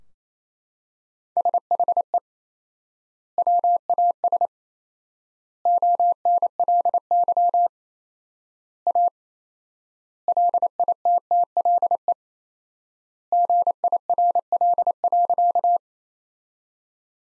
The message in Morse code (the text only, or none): SHE WAS ONLY A LITTLE GIRL.